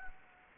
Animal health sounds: mosquito wingbeat signal from an infrared sensor; Anopheles gambiae

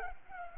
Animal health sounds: mosquito wingbeat signal from an infrared sensor; Culex pipiens

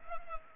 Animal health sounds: mosquito wingbeat signal from an infrared sensor; Culex pipiens

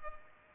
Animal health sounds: mosquito wingbeat signal from an infrared sensor; Culex pipiens

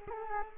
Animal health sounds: mosquito wingbeat signal from an infrared sensor; Culex quinquefasciatus

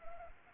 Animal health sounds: mosquito wingbeat signal from an infrared sensor; Anopheles arabiensis

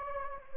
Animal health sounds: mosquito wingbeat signal from an infrared sensor; Anopheles gambiae

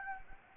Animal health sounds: mosquito wingbeat signal from an infrared sensor; Anopheles gambiae

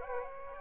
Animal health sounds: mosquito wingbeat signal from an infrared sensor; Aedes aegypti

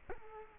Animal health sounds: mosquito wingbeat signal from an infrared sensor; Culex quinquefasciatus

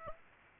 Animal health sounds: mosquito wingbeat signal from an infrared sensor; Aedes aegypti

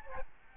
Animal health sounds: mosquito wingbeat signal from an infrared sensor; Aedes albopictus

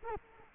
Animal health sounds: mosquito wingbeat signal from an infrared sensor; Culex quinquefasciatus

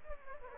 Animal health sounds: mosquito wingbeat signal from an infrared sensor; Aedes aegypti

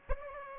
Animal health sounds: mosquito wingbeat signal from an infrared sensor; Aedes aegypti

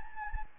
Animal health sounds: mosquito wingbeat signal from an infrared sensor; Anopheles gambiae

